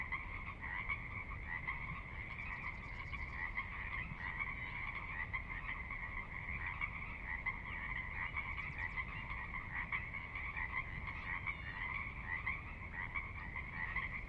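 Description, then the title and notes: Pacific Chorus Frog chorus, a dense continuous wall of many calling frogs without pause, over a steady low rumble of background water. Chorus recorded at midnight on the valley floor, Sinlahekin Valley, Sinlahekin Wildlife Area, Washington, near Cascades; distant water spillage in background; unprocessed raw recording. "Sinlahekin Valley midnight. the ever-present Pacific Chorus Frogs that are a fixture of the Northwest Soundscape"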